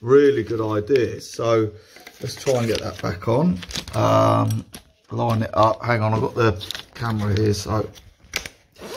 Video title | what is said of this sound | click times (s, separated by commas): The Best Roller Frame And Sleeve Yet | so there I've done it now just clicks back in so | 8.4 s, 8.5 s